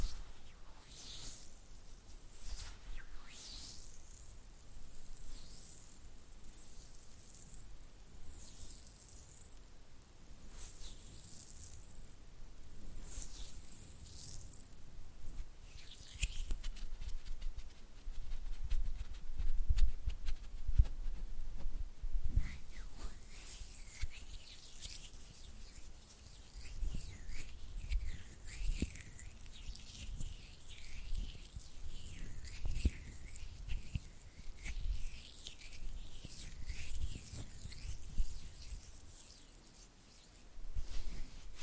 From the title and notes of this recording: ASMR Oily Hand and Flutter Finger Sounds (No Talking).